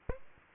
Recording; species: mosquito wingbeat signal from an infrared sensor; Aedes aegypti